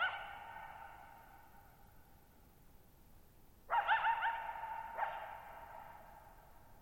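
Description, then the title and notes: Coyote calls: a fading echoing tail, then a wavering yipping bark near the middle and another sharp bark close behind, with a quiet background. Lone coyote calling at night, July 14, 2019, Thirtymile Meadows, Okanogan National Forest, 6400 ft (1950 m); shallow bowl-shaped mountain meadow on a high, dry plateau. "Lone Coyote at Thirtymile Meadows. night of July 14, 2019, camped near Thirtymile Meadows in the Okanogan National Forest at 6400 ft (1950 m)"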